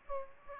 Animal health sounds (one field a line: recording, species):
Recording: mosquito wingbeat signal from an infrared sensor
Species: Aedes aegypti